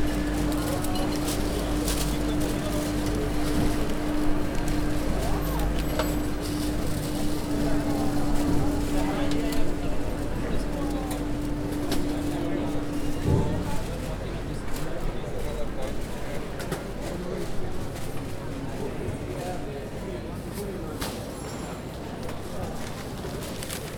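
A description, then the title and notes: A busy open-air market in Piazza delle Erbe, with a steady murmur of overlapping voices throughout. A low constant hum runs underneath, and a steady tone sounds from the start until about thirteen seconds, then stops. Scattered clicks and knocks punctuate the crowd chatter. Mercato Cittadino. The Piazza delle Erbe Market is the heart of the city center. It is located in the most ancient and important point of Padua, next to Palazzo della Ragione.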